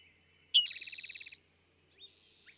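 Eastern towhee song: a quick sharp opening note leading into a loud, fast, buzzy trill, followed by a thin, faint whistled note.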